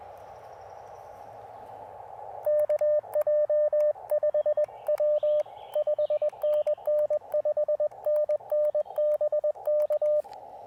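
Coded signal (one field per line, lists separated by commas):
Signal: Morse code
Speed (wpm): 20 wpm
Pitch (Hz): 590 Hz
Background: radio noise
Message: KJ5W 5NN 5NN BK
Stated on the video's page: Park activation in CW, sent with KXPD2 paddles on an Elecraft KX2 with AX1 antenna, in wet weather and poor propagation.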